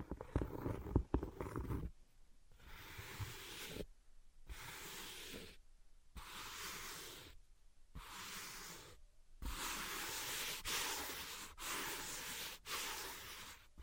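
Scratching and tapping: a cluster of dull, knocking taps fills the first two seconds, then long, hissy scratching strokes follow in bursts separated by brief silences. After about nine seconds the scratching becomes nearly continuous, with a faint steady hum underneath.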